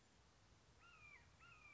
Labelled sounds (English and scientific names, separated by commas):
Red-shouldered Hawk (Buteo lineatus)